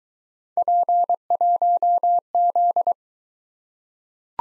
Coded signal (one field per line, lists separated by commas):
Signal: Morse code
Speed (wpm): 20 wpm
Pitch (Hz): 700 Hz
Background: none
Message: P1Z